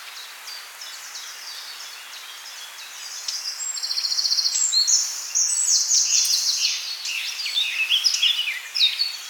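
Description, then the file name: Birdsong from several birds at once: high thin phrases, chirps and a fast dry trill rising in loudness, with more bright trilled phrases following over steady background hiss. Birdsong recorded in woodland on 2 May 2020 at 08:04 in the morning. "Bourne woods Birdsong"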